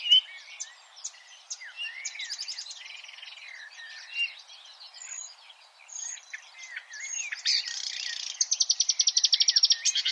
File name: suara-kicauan-burung-marsh-warbler -omkicau